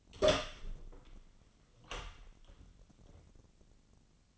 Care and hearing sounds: daily activity, microphone in the room; open door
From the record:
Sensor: 4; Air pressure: 1010.1 hPa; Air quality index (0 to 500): 198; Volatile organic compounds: 3 ppm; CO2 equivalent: 1421 ppm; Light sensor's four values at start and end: 38/93/38/41 and 35/87/36/38

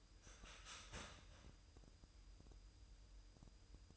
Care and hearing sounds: daily activity, microphone in the room; start toaster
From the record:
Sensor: 2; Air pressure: 988.4 hPa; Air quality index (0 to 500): 192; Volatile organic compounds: 187 ppm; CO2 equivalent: 4167 ppm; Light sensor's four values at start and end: 20/68/27/25 and 20/68/27/25

